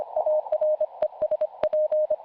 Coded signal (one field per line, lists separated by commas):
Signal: Morse code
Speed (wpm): 27 wpm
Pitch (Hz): 620 Hz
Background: none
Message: ARESP